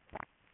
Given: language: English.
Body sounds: throat vibration sensor signal played as sound; swallow

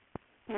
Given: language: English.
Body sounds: throat vibration sensor signal played as sound; speech

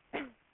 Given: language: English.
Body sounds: throat vibration sensor signal played as sound; cough

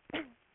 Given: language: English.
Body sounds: throat vibration sensor signal played as sound; cough

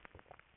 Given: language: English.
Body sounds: throat vibration sensor signal played as sound; swallow

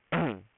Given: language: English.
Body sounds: throat vibration sensor signal played as sound; throat clearing

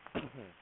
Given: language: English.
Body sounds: throat vibration sensor signal played as sound; cough

